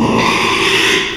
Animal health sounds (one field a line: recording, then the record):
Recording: squeal of a Yucatan mini pig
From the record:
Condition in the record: after surgery on the right vocal fold (resection and tissue-engineered implant)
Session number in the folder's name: 1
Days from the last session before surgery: 6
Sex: male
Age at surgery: 12 weeks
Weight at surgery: 13 kg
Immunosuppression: cyclosporine, prednisolone